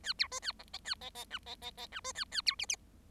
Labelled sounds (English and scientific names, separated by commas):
Bengalese Finch (Lonchura striata domestica) song